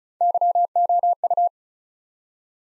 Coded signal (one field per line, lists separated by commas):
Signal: Morse code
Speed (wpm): 36 wpm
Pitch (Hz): 700 Hz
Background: none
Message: YOU